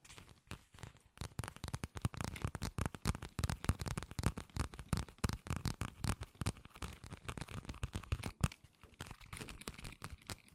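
Fast tapping runs almost without pause, a dense stream of sharp, crisp clicks with a papery, crinkling edge. It starts sparse in the first second, then thickens and stays busy, with slight swells and dips in loudness and one brief gap near eight seconds.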